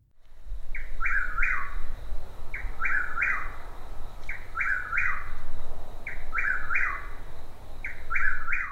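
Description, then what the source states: Chuck-will's-widow repeating its name-like song of one short note followed by two emphatic whistled notes, about every two seconds, over steady low background hum. Nightjar whose range overlaps with the whip-poor-will's in the southern United States; its song says its name.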